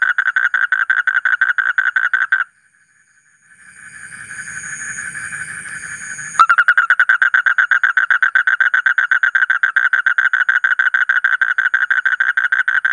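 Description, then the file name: Asian common toad calling in a fast pulsed trill, briefly interrupted by a few seconds of hiss and hum, then continuing at the same quick, even rate. "suara kodok bangkong kolong kodok buduk"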